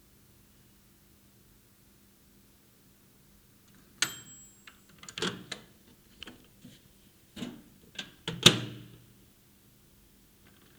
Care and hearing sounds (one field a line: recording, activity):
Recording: daily activity, guitar pickup as the sensor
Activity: use microwave